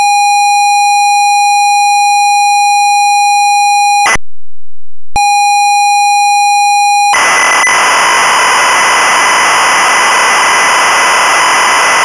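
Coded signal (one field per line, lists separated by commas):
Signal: ZX Spectrum tape loading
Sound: steady buzzy pilot tone, brief silence, pilot tone again, then harsh screeching data noise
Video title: Lord of the Rings Game One [SIDE A] (1985) - Sinclair ZX Spectrum (Full Tape Rip / Cassette Load)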